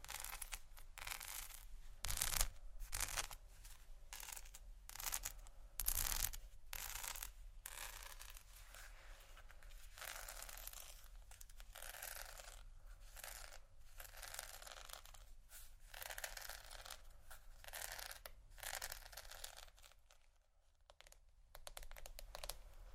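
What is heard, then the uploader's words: Handling of vinyl, plastic and bristles: dense, irregular scratching and crinkling with quick taps throughout, several sharper bright bursts in the first seven seconds. The activity thins into a brief near-silent gap around twenty seconds, then resumes with softer rustling. Vinyl,plastic,bristles,tap,crinkle,scratching,glass,etc.(No Talking).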